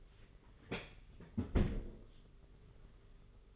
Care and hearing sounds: daily activity, microphone in the room; close fridge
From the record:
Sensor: 4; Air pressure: 991.8 hPa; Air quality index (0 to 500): 102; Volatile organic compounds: 13 ppm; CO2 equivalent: 2389 ppm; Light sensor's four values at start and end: 18/58/22/22 and 19/60/22/23

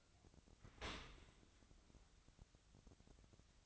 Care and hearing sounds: daily activity, microphone in the room; open dishwasher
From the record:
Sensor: 3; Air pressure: 1003.1 hPa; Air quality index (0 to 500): 197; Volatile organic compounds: 6 ppm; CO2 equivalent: 1922 ppm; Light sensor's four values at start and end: 33/82/35/38 and 33/82/35/38

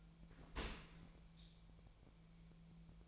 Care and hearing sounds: daily activity, microphone in the room; open dishwasher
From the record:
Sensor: 1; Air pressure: 1000.5 hPa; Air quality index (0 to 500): 183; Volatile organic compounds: 4 ppm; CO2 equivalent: 1687 ppm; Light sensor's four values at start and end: 12/30/12/14 and 12/30/12/14

